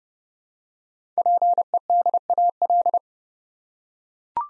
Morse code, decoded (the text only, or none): PEDAL